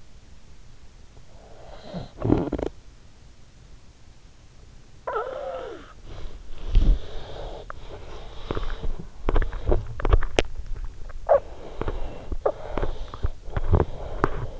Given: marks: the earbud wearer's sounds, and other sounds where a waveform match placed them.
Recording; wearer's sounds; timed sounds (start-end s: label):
sounds in sleep by an in-ear microphone; snoring breath, breath, teeth grinding
1.43-3.26 s: snoring breath
4.68-6.77 s: snoring breath
6.63-9.23 s: breath
8.23-14.60 s: teeth grinding